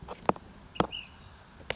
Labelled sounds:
Ash-throated Flycatcher
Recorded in Sonoma County, California

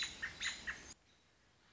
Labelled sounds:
American Robin
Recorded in Sonoma County, California

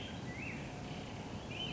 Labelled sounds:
Black-headed Grosbeak
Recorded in Sonoma County, California

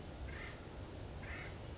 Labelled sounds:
Acorn Woodpecker
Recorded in Sonoma County, California

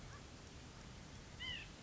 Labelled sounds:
White-breasted Nuthatch
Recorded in Sonoma County, California

